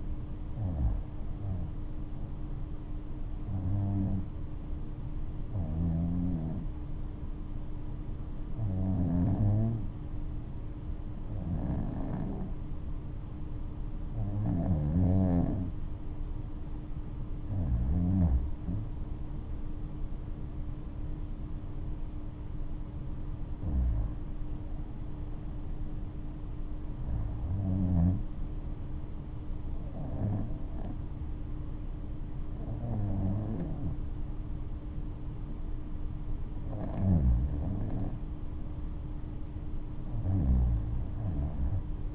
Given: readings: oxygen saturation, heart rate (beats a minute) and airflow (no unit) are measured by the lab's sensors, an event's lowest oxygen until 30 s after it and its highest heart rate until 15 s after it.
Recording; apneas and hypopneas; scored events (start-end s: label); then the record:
breathing in sleep by a smartphone at the bedside; 1
5.00-21.90 s: hypopnea (REM, oxygen 95% highest, then 92% lowest, heart rate 72 at the start, 77 highest)
From the record:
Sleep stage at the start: REM sleep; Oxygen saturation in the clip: 90 to 95%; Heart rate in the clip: 70 to 77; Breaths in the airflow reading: 14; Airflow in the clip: -5.9 to 6.5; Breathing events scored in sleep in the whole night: 228 in 5.4 hours asleep